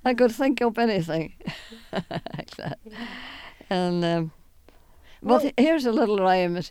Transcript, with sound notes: I could think up anything like that. ( she laughs ) And, uh, here's a little rhyme.